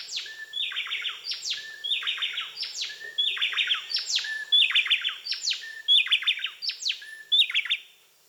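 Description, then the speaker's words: Bay wren duet: repeated phrases mixing sharp downslurred whistles with rapid buzzy chattering notes, cycling steadily over faint background hiss. Male and female songs blended in a complex duet; tropical species in which females sing and help defend territories. "Some species even blend male and female songs in a complex duet, like these bay wrens."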